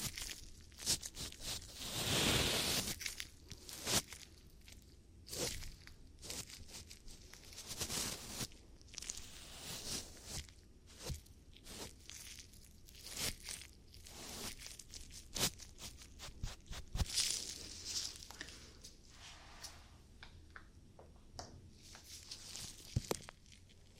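Ear cleaning sounds of scratchy, crunchy rubbing come in irregular bursts with sharp clicks, the loudest swells near the start and around seventeen seconds.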